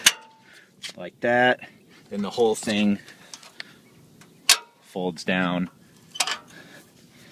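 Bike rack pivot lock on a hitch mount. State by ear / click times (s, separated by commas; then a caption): not seated / none. Someone talks while releasing the locking piece on a metal hitch-mounted bike rack and folding it down toward its pivot lock, with a few brief, sharp metallic clinks. The clip ends before the pivot lock engages, so nothing has seated or clicked into place yet.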